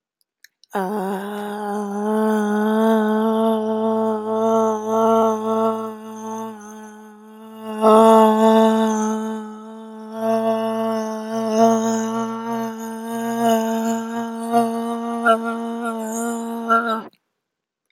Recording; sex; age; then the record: vowel held as long as possible; female; 20 to 29 years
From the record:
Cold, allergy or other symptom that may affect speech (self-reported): no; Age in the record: 27 years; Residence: Connecticut, United States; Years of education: 17